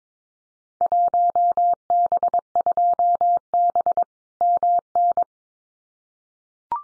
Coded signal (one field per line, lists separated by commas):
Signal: Morse code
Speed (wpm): 22 wpm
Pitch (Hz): 700 Hz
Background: none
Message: 1B2B MN